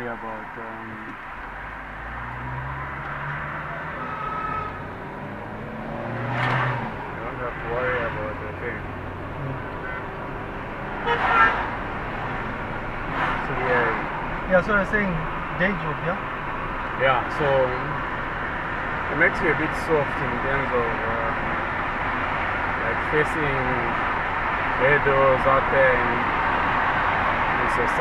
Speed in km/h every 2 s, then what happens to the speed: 0, 10, 22, 33, 40, 46, 51, 54, 57, 59, 60, 60, 61, 62.
1-18 pulls away to 59. 18-28 steady at about 60.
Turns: none.